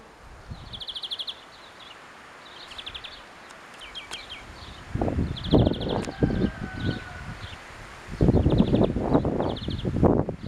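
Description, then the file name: European greenfinch calls: several quick trilled bursts of high notes throughout, with heavy rustling and thumping noise in the second half. "Chloris chloris"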